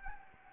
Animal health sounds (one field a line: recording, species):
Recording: mosquito wingbeat signal from an infrared sensor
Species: Anopheles gambiae